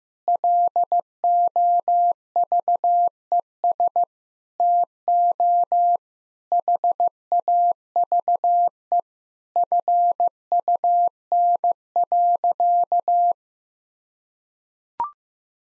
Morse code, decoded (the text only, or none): LOVES TO HAVE FUN.